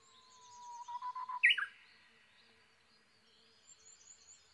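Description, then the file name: Japanese bush warbler giving a held whistle that leads into an abrupt, emphatic flourish, followed by quiet high chirps. Recorded 22 May 2011 at 05:43, early morning. "uguisu-20110522-0543"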